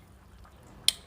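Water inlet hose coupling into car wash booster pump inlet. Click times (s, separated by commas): 0.9 s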